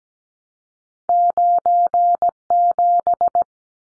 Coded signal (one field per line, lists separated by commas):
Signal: Morse code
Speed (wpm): 17 wpm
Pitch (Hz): 700 Hz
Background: none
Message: 97